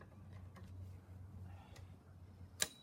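A torque-limiting drive tool turns a screw-in ground anchor into the soil over a low, steady rumble with a few faint ticks. At 2.6 s the tool gives a single sharp click as the set torque is reached, showing the anchor is properly set.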